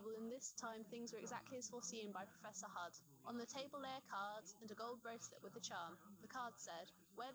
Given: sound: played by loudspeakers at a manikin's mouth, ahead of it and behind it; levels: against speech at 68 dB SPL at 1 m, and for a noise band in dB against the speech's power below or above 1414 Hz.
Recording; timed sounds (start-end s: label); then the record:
test signals for a remote microphone
0.00-7.35 s: woman speaking, babble ahead at +6 dB SNR for speech at 1 m
From the record:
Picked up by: remote receiver E, fed by microphone B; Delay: 43 ms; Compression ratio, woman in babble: 1.93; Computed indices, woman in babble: HASPI 0.967, HASQI 0.321 (non-linear 0.358, linear 0.894), ESTOI 0.706